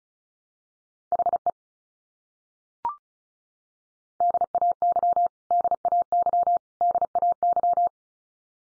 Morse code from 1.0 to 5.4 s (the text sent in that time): HE DAY